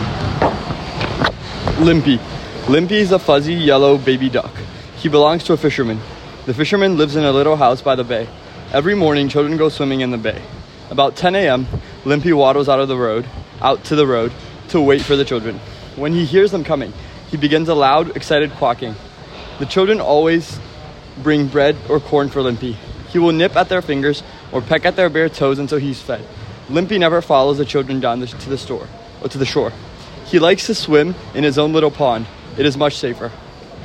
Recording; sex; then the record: reading aloud after running; male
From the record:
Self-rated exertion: light exertion (2 of 6); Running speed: 7 miles an hour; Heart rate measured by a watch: 151 beats a minute at the start, 149 at the end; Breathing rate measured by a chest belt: 33 breaths a minute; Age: 19 years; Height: 183 cm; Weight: 68 kg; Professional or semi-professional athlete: no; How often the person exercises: 1 to 2 times a week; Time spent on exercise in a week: 2 to 3 hours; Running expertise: yes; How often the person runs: under once a week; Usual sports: volleyball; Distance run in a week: 6 km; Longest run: 10 km